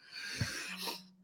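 One harsh, noisy breath from an adult with a faint low steady tone: stridor from a narrowed airway, a pretty small airway left after many surgeries while growing up.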